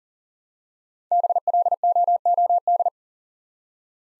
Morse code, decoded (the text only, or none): BLOOD